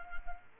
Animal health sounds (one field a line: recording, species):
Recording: mosquito wingbeat signal from an infrared sensor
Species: Culex quinquefasciatus